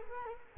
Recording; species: mosquito wingbeat signal from an infrared sensor; Culex quinquefasciatus